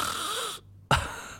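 An adult man imitates his own snore: a rough, rattling, noisy breath for about half a second, a short silence, then an abrupt snorting burst that fades. This is an acted imitation of snoring, not snoring during sleep.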